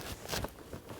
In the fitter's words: is this one with the the brown end snaps right in there